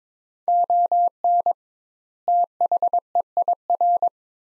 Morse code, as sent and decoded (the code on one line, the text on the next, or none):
--- -. / - .... . .. .-.
ON THEIR